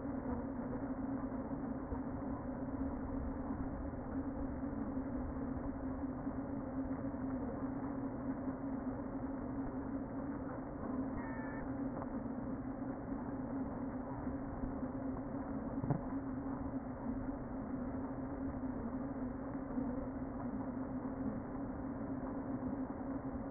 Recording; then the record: honeybee colony, microphone inside the hive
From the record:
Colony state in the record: queen present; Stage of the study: before two queens were removed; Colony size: about 60,000 bees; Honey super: yes